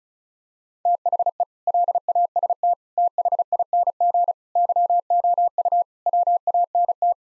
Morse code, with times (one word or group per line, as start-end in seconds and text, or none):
0.9-1.4 THE
1.7-2.7 LAST
3.0-4.3 THING
4.6-5.8 YOU
6.1-7.1 WANT